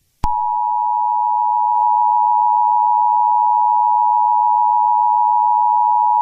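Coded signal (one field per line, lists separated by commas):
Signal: Emergency Alert System (SAME) tones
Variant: 853 and 960 Hz attention tone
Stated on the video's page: Fictional short EAS scenario made for entertainment; tones may be valid.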